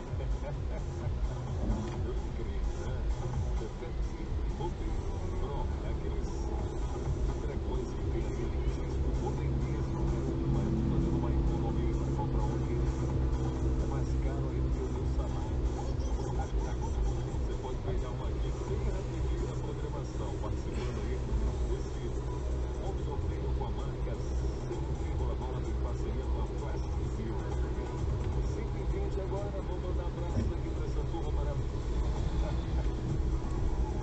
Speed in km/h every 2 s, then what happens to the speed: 0, 5, 5, 3, 0, 0, 0, 0, 0, 0, 0, 0, 0, 0, 0, 3, 8.
0-7 steady at about 3. 7-29 standing. 29-34 pulls away to 8.